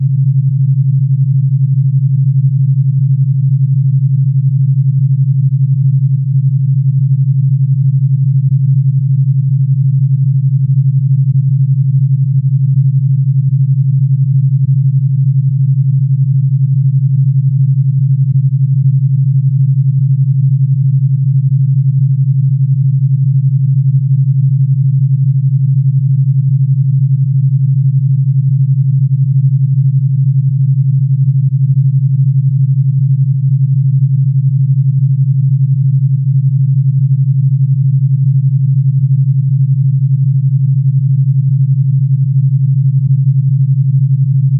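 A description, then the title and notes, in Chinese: A pure alpha brainwave tone at 12 Hz, heard as a single low, smooth hum that holds perfectly steady for the whole stretch. Its loudness never changes, nothing else joins it, and there is no brightness or background noise above the tone. 纯阿尔法脑波12Hz丨α频率。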